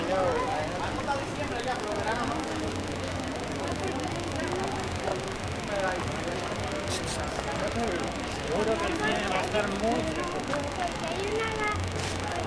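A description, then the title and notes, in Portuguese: A short walk through Puerta del Sol, with a dense, steady crowd of overlapping voices filling the whole clip. Chatter stays even throughout, a low hum runs underneath, and a few sharp clicks or taps stand out around seven and twelve seconds. Pequeno percurso na Puerta del Sol.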